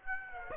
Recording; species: mosquito wingbeat signal from an infrared sensor; Aedes aegypti